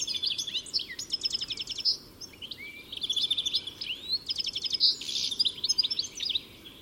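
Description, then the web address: Bird chirping with rapid trills and sharp high notes in two busy phrases separated by a short lull. "cianscape birddata Deverinetal 2025 Bird Only Ca Ca Ca Ca"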